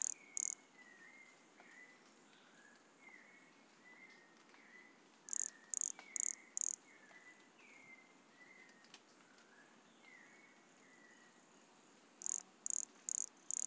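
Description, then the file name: Pumpkin toadlet producing short trains of up to four high, pulsed buzzy notes, spaced by long gaps filled with soft downslurred whistles. Recorded at Monte Crista, Brazil, in November 2016, 100 cm from the microphone. "Brachycephalus sulfuratus Monte Crista 100 cm from microphone Luiz Fernando Ribeiro NOV-2016"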